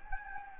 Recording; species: mosquito wingbeat signal from an infrared sensor; Anopheles gambiae